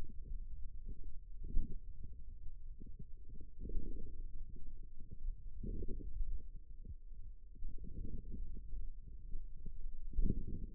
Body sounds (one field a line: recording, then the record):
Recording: forearm muscle sounds (acoustic myography)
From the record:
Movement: outward rotation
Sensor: system 2, bracelet of six BSWA MPA416 microphones around the upper forearm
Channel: 3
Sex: male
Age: 22 years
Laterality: right